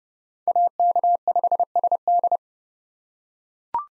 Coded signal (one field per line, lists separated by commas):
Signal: Morse code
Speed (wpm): 30 wpm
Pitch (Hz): 700 Hz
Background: none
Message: AK5SD